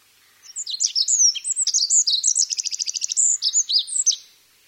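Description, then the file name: Olive-backed pipit singing a high, hurried phrase of thin whistles that breaks into a rapid buzzy trill in the middle, then ends with more sharp slurred notes. "binzui"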